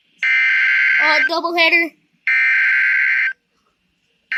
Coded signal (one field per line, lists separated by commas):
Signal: Emergency Alert System (SAME) tones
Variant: header bursts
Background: speech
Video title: TORNADO WARNING FOR MY COUNTY + FLASH FLOOD WARNING (EAS #72-73)